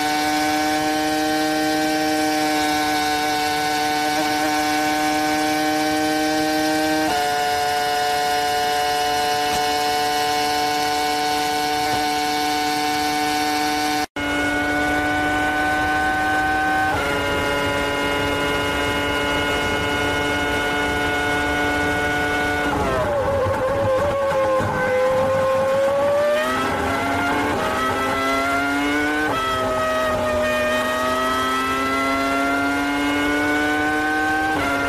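A Formula One race car's loud, high engine whine holds steady, then rises and falls through gear shifts, with a brief cut near fourteen seconds.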